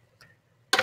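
A camera cable connector (ribbon/coax) is pressed straight into its socket on a DJI O4 air unit board, kept straight to avoid stressing the connectors. A faint tick at 0.2 s is followed by a sharp, bright snap at 0.7 s as the connector seats firmly in place.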